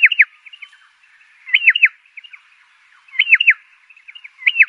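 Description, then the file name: Pardalote song: short bursts of three or four quick downslurred notes, repeated about every one and a half seconds, with soft chattering notes in between. "canto do pardalote"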